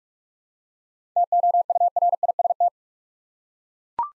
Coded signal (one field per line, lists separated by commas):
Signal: Morse code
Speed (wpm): 41 wpm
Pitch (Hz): 700 Hz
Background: none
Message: TOURIST